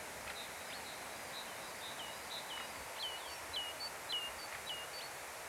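Birds calling with short, high chirping notes, several bright downslurred chirps clustered in the second half, over a steady hiss of light wind through the forest.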